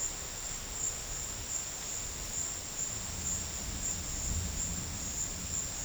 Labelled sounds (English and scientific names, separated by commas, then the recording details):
none
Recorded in dense forest near Puerto Asís, Putumayo, Colombia, on 4 March 2025 at 15:30
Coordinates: 0.484, -76.325
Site G045